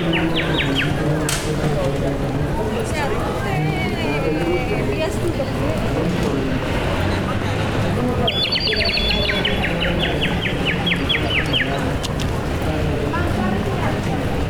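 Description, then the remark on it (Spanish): A dense chorus of a bird seller's several hundred small birds chirping and trilling all at once, with bright high-pitched repeated notes and rapid twittering runs over a busy, steady background hubbub. “Edison, ¿cuántos pajaritos tiene ahí? Tengo 400.”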